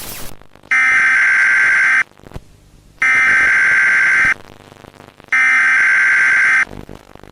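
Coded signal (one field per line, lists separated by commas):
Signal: Emergency Alert System (SAME) tones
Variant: header bursts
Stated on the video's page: Fictional analog-horror found-footage emergency alert, with added glitch sound effects.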